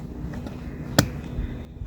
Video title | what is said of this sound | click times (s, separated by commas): How to remove front driver's door panel in Kia Sportage | then snap the plastic cover back into place. | 1.0 s